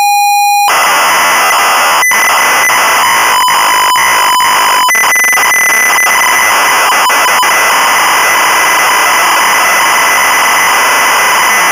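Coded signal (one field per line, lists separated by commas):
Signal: ZX Spectrum tape loading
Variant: Sinclair ZX Spectrum cassette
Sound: short steady pilot tone, then continuous harsh buzzing screech of cassette data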